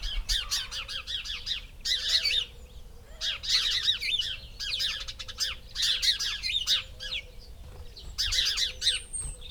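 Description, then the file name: House sparrow chirps: dense bursts of harsh repeated cheeps in clusters every second or two, over a low steady hum. "Passer domesticus"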